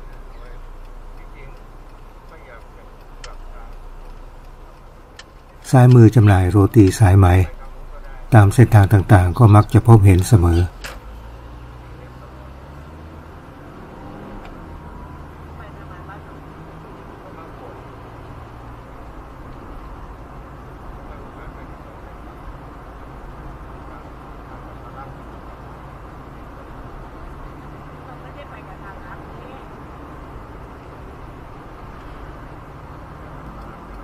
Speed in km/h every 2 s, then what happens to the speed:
66, 66, 66, 66, 66, 67, 67, 68, 70, 69, 69, 69, 69, 70, 70, 71, 72.
0-34 steady at about 69.